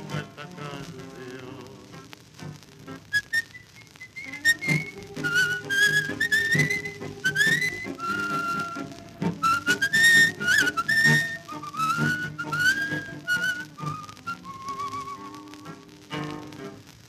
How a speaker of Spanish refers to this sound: y cruza el cielo el aullido de algún perro vagabundo, y un reo meditabundo va silbando.